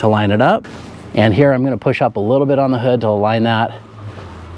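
A man talks while lining up the metal socket at the top end of a new, lightly greased hood support strut with the upper ball stud on a 2000-2006 Toyota Tundra, pushing up slightly on the hood to align it. Only speech is heard, and nothing has seated or clicked yet.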